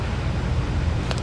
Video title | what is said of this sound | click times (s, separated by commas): etrailer - Curt T-Connector Vehicle Wiring Harness Installation - 2018 Chevrolet Traverse C56393 | Wiggle it together, squeeze it so you hear that good click, | 1.1 s